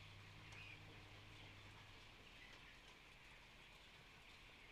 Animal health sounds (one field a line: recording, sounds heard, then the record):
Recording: poultry house recording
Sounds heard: healthy chickens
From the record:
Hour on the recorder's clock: 14